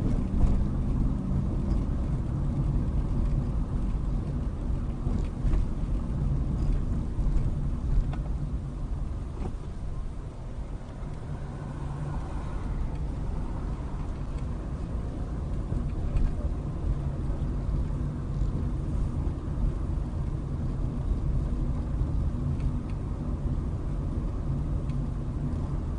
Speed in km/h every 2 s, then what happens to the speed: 26, 24, 24, 19, 11, 15, 19, 23, 24, 24, 24, 24, 26.
4-8 slows to 11. 8-16 speeds up to 24. 16-26 steady at about 24.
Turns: 6-12.